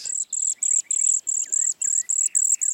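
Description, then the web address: Cedar Waxwing calls: thin, high, buzzy notes repeated in a steady rapid series, with lower slurred whistles beneath. "BIRD NOTE. Cedar Waxwings"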